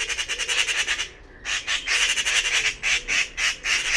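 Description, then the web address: Bird produces a quick series of rough, scratchy squawk notes, pausing briefly near one second before resuming in a rapid pulsing sequence. "cianscape birddata Deverinetal 2025"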